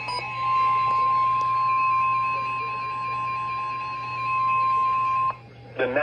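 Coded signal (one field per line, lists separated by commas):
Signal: Emergency Alert System (SAME) tones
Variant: 1050 Hz attention tone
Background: music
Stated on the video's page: Severe Thunderstorm Warning from NOAA Weather Radio station in Columbus, Ohio, with a second station audible in the background.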